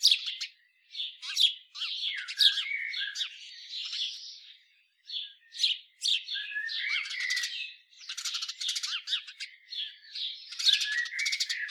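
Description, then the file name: House sparrow chirping, a busy run of short harsh chirps and squeaky notes in bursts, with brief pauses. "Passer domesticus"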